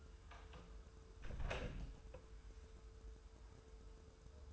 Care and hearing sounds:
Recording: daily activity, microphone in the room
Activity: close door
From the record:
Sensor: 2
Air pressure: 1015.0 hPa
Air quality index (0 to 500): 110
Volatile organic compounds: 3 ppm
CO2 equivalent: 1401 ppm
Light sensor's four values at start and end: 13/35/14/15 and 13/35/14/15

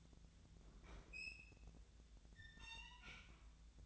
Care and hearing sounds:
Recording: daily activity, microphone in the room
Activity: open fridge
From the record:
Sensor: 3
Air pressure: 1009.6 hPa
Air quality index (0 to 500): 193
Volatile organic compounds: 15 ppm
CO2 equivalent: 2512 ppm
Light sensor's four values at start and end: 37/92/40/42 and 37/93/40/42

